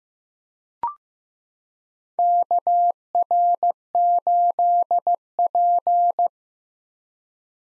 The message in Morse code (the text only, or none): KR8P